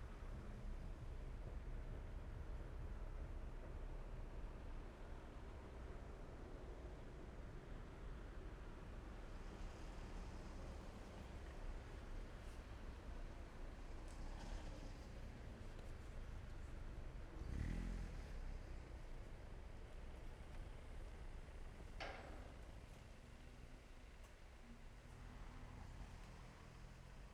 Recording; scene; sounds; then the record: everyday scene through a hearing-aid microphone; in traffic; traffic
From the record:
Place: main road on the outskirts, rush hour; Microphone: behind the ear, left, rear